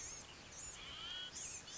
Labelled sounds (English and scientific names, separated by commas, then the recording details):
Blue-gray Gnatcatcher (Polioptila caerulea)
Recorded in Sonoma County, California